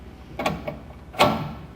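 During reassembly of a stretch-wrap film carriage's tension mechanism, a spring tensioner part is tightened onto its mounting screw, with a few light mechanical knocks around 0.4, 0.5 and 0.7 seconds. A louder pop at 1.2 seconds is the part seating over the screw hole, showing the hole and screw are lined up and the screw is going in correctly.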